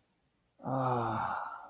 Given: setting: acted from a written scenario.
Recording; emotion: vocal sound without words; negative surprise